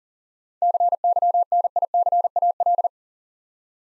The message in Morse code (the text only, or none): CYNICAL